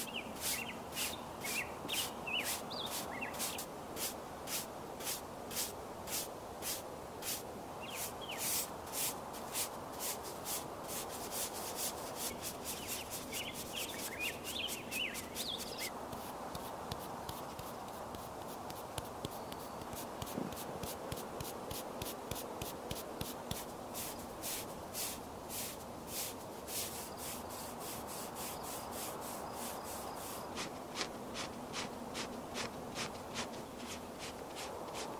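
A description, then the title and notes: Makeup is applied outside on a sunny day, with quick, regular brushing and rubbing strokes running throughout. A low, steady hum sits underneath, and short bird chirps break through several times in the first fifteen seconds. Doing Your Makeup Outside on a Sunny Day.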